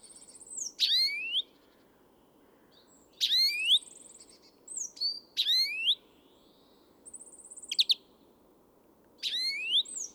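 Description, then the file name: European greenfinch calling: bright rising twitters with buzzy nasal trills, about five bursts in ten seconds, steady low hum beneath. "Chloris chloris"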